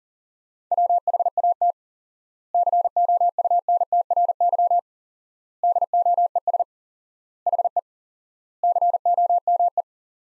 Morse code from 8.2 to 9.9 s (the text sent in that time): COME